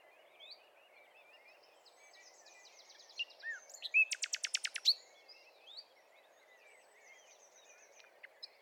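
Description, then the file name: Common nightingale song: after faint, scattered twittering, a short burst of rapid, sharp repeated notes stands out, then softer chirps resume amid a steady background hiss. "Luscinia megarhynchos"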